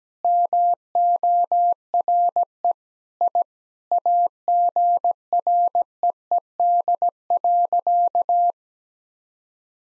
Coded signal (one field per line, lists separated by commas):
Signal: Morse code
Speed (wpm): 17 wpm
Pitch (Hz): 700 Hz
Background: none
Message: MORE I AGREED.